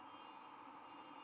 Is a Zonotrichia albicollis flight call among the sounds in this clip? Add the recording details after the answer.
no. No flight call is heard. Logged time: 03:06 on 24 November 2014